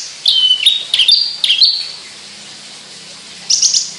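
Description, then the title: Javan bush lark uttering a few high whistled and slurred notes, some descending, then a short chirpy burst after a pause. Song given in skyward song flight, locally called sundul langit. "Branjangan Sundul Langit"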